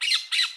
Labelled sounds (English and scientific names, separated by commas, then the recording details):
Brown-throated Parakeet (Eupsittula pertinax) contact call
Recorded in Curacao
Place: Hoffi Jan Thiel
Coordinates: 12.094, -68.877